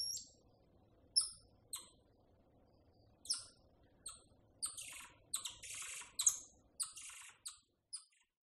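Tamarin calls: spaced single high chirps, then a denser run of sharp notes, over a faint low background hum.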